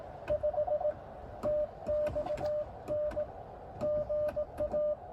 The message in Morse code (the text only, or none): 5 TXN GA